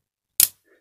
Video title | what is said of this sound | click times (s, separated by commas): Failed MK RCBO circuit breaker (with awkward recording moment) | just trip instantly like that. It won't latch at all because | none